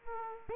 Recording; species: mosquito wingbeat signal from an infrared sensor; Aedes aegypti